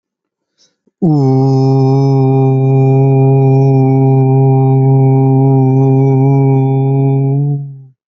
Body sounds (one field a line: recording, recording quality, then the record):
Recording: sustained vowel as in boot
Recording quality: excellent, no background noise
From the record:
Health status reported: healthy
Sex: male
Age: 29 years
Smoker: yes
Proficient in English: yes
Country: India